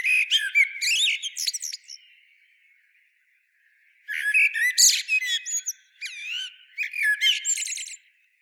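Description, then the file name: Common blackbird song in two bursts of varied whistled and squeaky notes with shrill high twitters, a gap of about two seconds between them. "Turdus merula"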